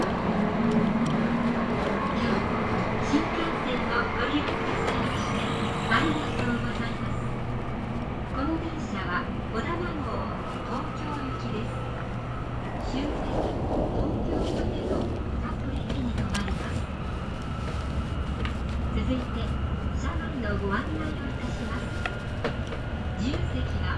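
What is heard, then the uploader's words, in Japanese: Inside a Tokaido Shinkansen Kodama car, the train's low steady rumble runs throughout, with a faint whine and hum on top. Murmured voices come and go. Around thirteen seconds the rumble swells briefly and roughens, then settles back to its even drone. 東海道新幹線 名古屋→豊橋 こだま号自由席。14号車に乗車しました。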